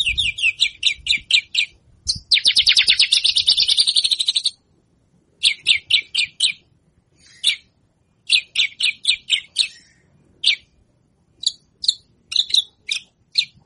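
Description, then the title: Javan bush lark song: quick high chirps, then a long buzzy trilled phrase lasting over two seconds, followed by spaced clusters of sharp notes. Local name branjangan; presented as isian, song-filler material. "Branjangan Super Isian Istimewa"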